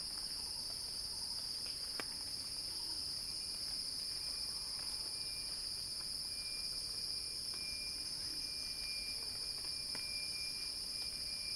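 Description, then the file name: Cicadas buzzing in a loud sustained shrill drone, unchanging over the whole stretch, with a few faint clicks and a weak tonal line below. Cicada song building in a crescendo. "Axel-Drioli Cicada-Crescendo-Sounding-Wild"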